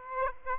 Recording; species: mosquito wingbeat signal from an infrared sensor; Aedes aegypti